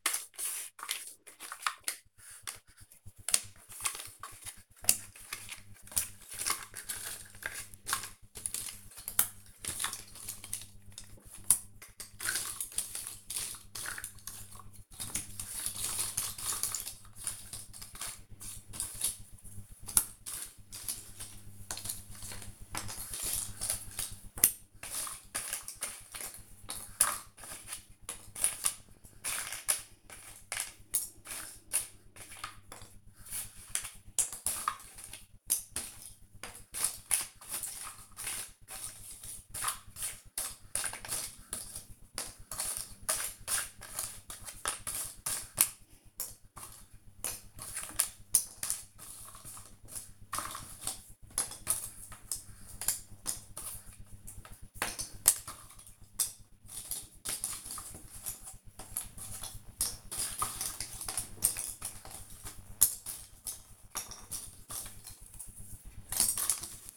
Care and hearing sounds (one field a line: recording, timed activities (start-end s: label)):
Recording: household activities, microphone on the right wrist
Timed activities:
0.00-66.96 s: doing a puzzle